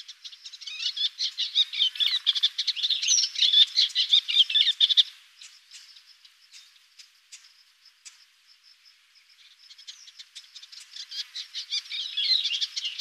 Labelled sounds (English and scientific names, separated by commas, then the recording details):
Eastern Olivaceous Warbler (Iduna pallida) song
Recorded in the wild
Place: Karakumwüste/Repetek, TM
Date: 2001-05-17
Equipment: MiniDisc Sharp MT 20 H
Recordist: Schwarz, Dieter